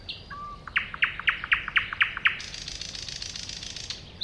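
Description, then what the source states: Thrush nightingale song: short whistles, then a rhythmic series of seven loud, knocking chock notes, then a harsh buzzy rattle. Recorded at a woodland edge next to a lake, 2001.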